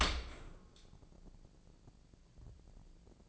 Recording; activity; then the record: daily activity, microphone in the room; open dishwasher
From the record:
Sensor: 5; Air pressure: 1012.4 hPa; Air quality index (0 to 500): 158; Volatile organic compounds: 2 ppm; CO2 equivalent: 1076 ppm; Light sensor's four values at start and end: 102/246/104/116 and 102/244/103/115